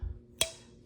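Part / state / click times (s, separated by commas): knife blade and liner lock in the handle / seated / 0.4 s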